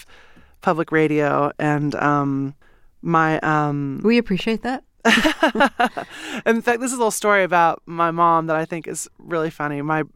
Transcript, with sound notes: We love public radio, and my...
We appreciate that.
(Laughter) In fact, this is a little story about my mom that I think is really funny.